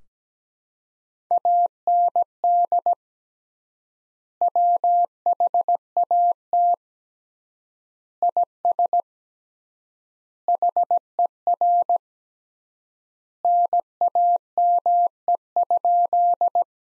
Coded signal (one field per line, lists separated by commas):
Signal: Morse code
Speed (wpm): 17 wpm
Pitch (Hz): 700 Hz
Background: none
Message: AND WHAT IS HER NAME?